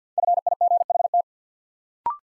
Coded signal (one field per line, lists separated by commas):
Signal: Morse code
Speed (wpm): 49 wpm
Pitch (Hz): 700 Hz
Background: none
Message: FIGHT